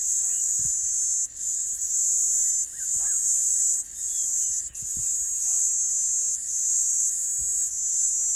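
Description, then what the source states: B. brevis call: a high, hissing buzz runs in long stretches of about a second, broken by short gaps. Recorded at Morningside Ranch.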